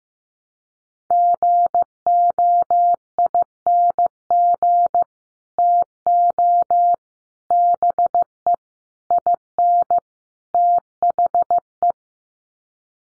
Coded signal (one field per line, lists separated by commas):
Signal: Morse code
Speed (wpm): 15 wpm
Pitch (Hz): 700 Hz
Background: none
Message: GOING TO BE IN THE